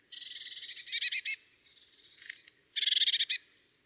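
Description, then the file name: Eurasian blue tit giving rapid scolding churrs, buzzy bursts of quick pulses, a softer trill midway, then another fast churring burst. "Cyanistes caeruleus"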